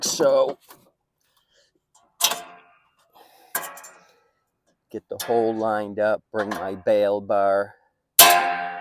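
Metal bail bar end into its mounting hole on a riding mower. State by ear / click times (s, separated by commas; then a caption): seated / 8.2 s. The end of a metal bail bar on a Husqvarna or John Deere riding mower is brought into position with its hole lined up, during an under-seat fuel tank replacement, while someone talks. At 8.2 s the bar's end pops into its mounting hole on its own with a sharp metallic snap, seating in place.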